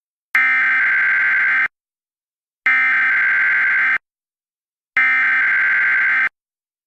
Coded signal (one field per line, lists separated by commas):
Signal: Emergency Alert System (SAME) tones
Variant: header bursts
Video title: Mock EAS Scenario - Food poisoning